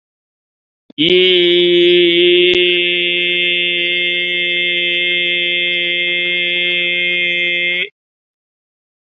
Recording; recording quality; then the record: sustained vowel as in beet; excellent, no background noise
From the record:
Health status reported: COVID-19 positive, no symptoms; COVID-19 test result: positive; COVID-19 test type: RT-PCR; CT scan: not taken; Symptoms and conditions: none ticked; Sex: male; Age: 38 years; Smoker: no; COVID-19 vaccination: both doses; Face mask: worn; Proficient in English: no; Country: India